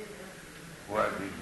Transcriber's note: people talking